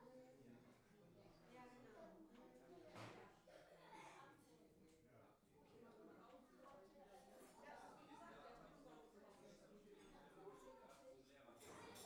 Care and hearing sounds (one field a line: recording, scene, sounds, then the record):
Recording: everyday scene through a hearing-aid microphone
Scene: many people talking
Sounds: many voices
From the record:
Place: parish hall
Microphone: behind the ear, left, front